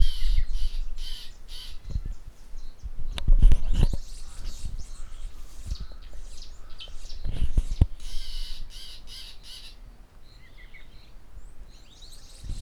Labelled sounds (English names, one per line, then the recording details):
Spotted Morning-Thrush
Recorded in northern Uganda